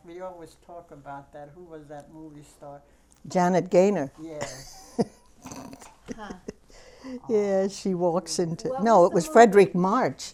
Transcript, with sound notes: We always talk about that, who was that movie star?
Janet Gaynor. ( she laughs )
Yes.
Yes, she walks into, no, it was Frederick March.